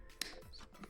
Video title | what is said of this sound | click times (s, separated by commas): Healtech Quickshifter Install Guide - DRZ 400SM | nice. Just like that. That little click. So satisfying. | 0.2 s